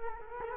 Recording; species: mosquito wingbeat signal from an infrared sensor; Culex quinquefasciatus